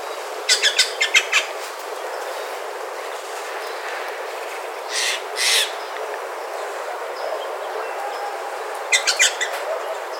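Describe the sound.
Steller's jay giving harsh, rasping calls in quick runs of four to six notes near the start and end, with two broader squawks around five seconds, over steady background hiss.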